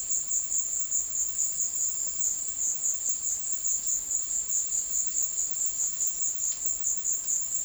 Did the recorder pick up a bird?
no